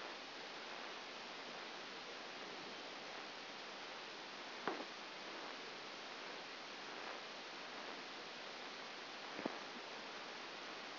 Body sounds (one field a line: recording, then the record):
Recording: brain microelectrode recording played as sound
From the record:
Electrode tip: outside the subthalamic nucleus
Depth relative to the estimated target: 3.5 mm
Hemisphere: left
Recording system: AlphaMap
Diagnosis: Parkinson's disease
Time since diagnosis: 11 years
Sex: female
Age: 60 years